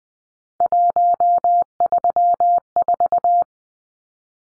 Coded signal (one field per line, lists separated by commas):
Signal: Morse code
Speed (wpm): 20 wpm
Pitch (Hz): 700 Hz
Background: none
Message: 134